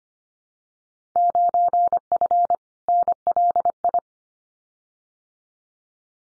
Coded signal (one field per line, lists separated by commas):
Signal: Morse code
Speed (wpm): 25 wpm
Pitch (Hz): 700 Hz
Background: none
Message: 9F NLI